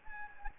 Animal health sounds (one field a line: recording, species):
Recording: mosquito wingbeat signal from an infrared sensor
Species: Anopheles gambiae